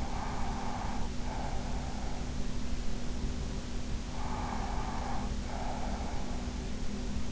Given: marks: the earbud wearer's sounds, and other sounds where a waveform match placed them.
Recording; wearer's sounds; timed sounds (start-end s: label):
sounds in sleep by an in-ear microphone; breath
0.00-2.34 s: breath
4.17-6.40 s: breath